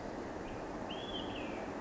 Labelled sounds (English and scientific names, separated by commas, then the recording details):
Olive-sided Flycatcher (Contopus cooperi)
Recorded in Sonoma County, California